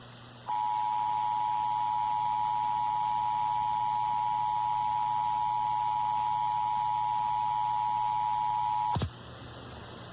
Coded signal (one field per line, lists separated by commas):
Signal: Emergency Alert System (SAME) tones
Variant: 853 and 960 Hz attention tone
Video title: San Diego County Required Monthly Test (EAS #1180-1183) 9/6/23